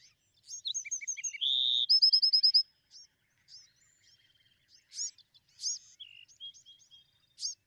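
Bewick's wren song: a quick run of high notes, a low buzzy note, then a fast trill, followed by scattered sharp chips and slurred whistles.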